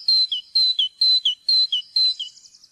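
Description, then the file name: Great tit song: a bright two-note whistled phrase, high note then lower, repeated five times at an even pace of about two per second. "kjoettmeis"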